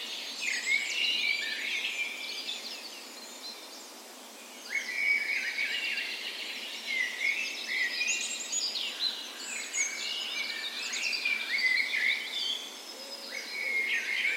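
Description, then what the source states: Birds in a dawn chorus, many overlapping high whistles, trills and chirps from several singers at once, rising and falling in bursts with a brief lull near four seconds. Spring dawn chorus in a park west in Bergen, Norway, morning of 17 May, National Day; recorded with Sony PCM A10 and LOM Usi microphones as tree ears.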